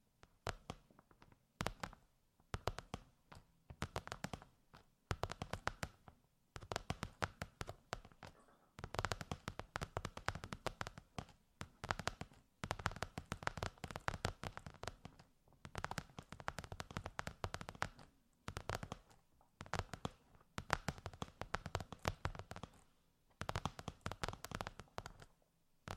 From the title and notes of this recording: ASMR Intense Ear Massage. (No Talking).